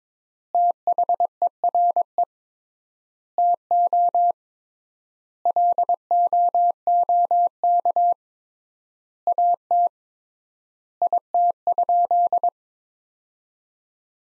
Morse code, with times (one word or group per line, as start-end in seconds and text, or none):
0.5-2.2 THERE
3.4-4.3 TO
5.5-8.1 LOOK
9.3-9.9 AT
11.0-12.5 IT?